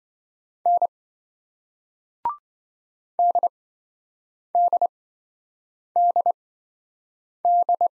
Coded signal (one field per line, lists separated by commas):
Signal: Morse code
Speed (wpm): 27 wpm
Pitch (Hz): 700 Hz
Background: none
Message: N DDDD